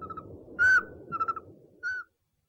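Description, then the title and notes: Owl call: soft short notes, then a loud steady whistle, a wavering trill and a final whistled note before silence. One of 69 call variants recorded from 11 owl species. "Sovy - Eulen - Owls. 69 variant hlasů - 11 druhů sov"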